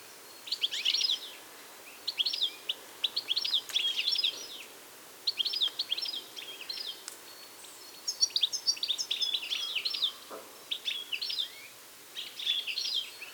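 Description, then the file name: European goldfinch song, bright tinkling twitters in short bursts of about a second, pausing briefly between phrases, with scattered high chips between them. "Carduelis carduelis"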